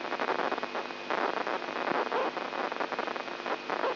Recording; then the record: brain microelectrode recording played as sound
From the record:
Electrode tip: inside the subthalamic nucleus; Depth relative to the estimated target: -2 mm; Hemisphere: left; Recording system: AlphaMap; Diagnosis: Parkinson's disease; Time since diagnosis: 11 years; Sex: male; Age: 67 years